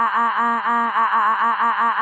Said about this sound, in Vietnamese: Ngay lập tức một trận tiếng kêu thét mấy chục người đồng loạt vang lên.